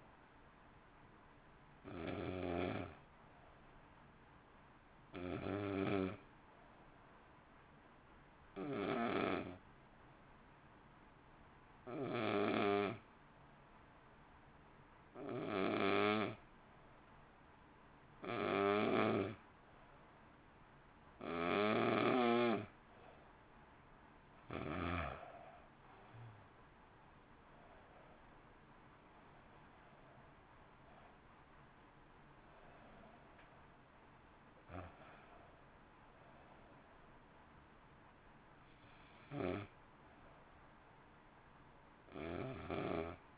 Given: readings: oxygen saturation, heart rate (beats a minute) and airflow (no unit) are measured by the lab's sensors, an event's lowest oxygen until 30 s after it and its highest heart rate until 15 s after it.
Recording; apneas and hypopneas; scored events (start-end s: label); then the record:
breathing in sleep by a voice recorder at the bedside; 1
8.00-25.30 s: hypopnea (N2, oxygen 94% highest, then 87% lowest, heart rate 53 at the start, 61 highest)
17.00-43.38 s: new sleep stage, N1 (lightest sleep)
From the record:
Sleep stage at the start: N2 (light sleep); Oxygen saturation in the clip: 87 to 94%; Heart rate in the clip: 53 to 61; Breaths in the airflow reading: 14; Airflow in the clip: -0.9 to 1.0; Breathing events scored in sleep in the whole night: 328 in 6.3 hours asleep